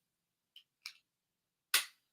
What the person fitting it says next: yeah it clicks into place